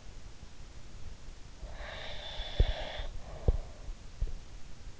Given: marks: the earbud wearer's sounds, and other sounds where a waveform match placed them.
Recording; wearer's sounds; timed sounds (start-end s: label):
sounds in sleep by an in-ear microphone; breath
1.51-3.87 s: breath
2.50-4.36 s: sound from someone else or the room